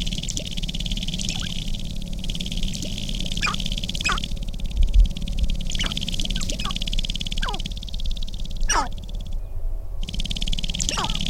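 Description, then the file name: Sharp-tailed grouse calls: short clucking and cackling notes, some in quick pairs, scattered throughout over a steady high insect-like hiss and low rumble. Recorded on 22 April 2005. "2005-04-22 Sharp-tailed Grouse"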